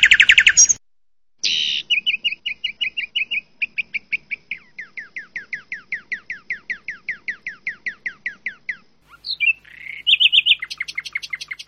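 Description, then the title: Asian pied starling singing, a harsh opening burst followed by a long run of repeated downslurred whistled notes, ending in scratchy mixed phrases. "Jalak Suren"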